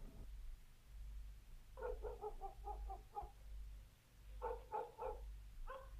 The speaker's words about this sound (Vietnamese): Có tiếng chó sủa nhấm nhằng khi thấy ánh đèn xe rẽ vào trong làng.